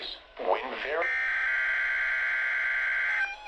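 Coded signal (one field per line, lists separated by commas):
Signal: Emergency Alert System (SAME) tones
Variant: header bursts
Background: speech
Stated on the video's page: Required Weekly Tests from a local NOAA Weather Radio station, including a statewide tornado drill.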